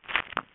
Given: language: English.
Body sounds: throat vibration sensor signal played as sound; swallow

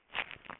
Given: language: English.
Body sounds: throat vibration sensor signal played as sound; swallow

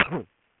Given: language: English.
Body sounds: throat vibration sensor signal played as sound; cough

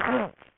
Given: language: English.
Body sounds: throat vibration sensor signal played as sound; throat clearing

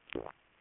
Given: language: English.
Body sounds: throat vibration sensor signal played as sound; swallow

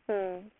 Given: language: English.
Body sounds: throat vibration sensor signal played as sound; speech

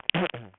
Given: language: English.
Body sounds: throat vibration sensor signal played as sound; throat clearing

